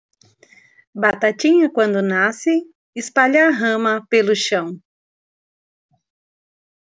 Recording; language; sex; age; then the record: short text; Brazilian Portuguese; female; 40 to 49 years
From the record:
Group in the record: control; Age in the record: 46 years